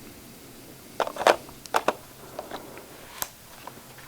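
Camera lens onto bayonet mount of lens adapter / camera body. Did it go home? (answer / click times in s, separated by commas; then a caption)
no / none. A camera lens is handled against the bayonet mount of a Nikon to EOS lens adapter on a Canon 7D, producing short scraping and clicking handling sounds near 1.0, 1.3, 1.8, 1.9 and 3.2 seconds over a quiet background. The lens is not yet locked on, and nothing has seated or clicked yet.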